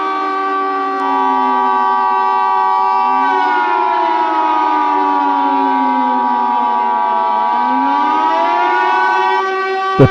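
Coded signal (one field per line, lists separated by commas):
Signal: Emergency Alert System (SAME) tones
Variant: 853 and 960 Hz attention tone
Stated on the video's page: Fictional end-of-the-world EAS scenario using valid EAS tones; made for entertainment.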